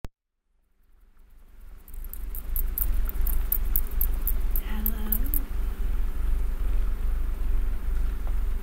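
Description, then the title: Domestic cat purring: a low rumble that swells in after a quiet start and holds steady, with light scratchy rustles partway through. Domestic cat purring while snuggling. "Cat Snuggles REAL PURRING"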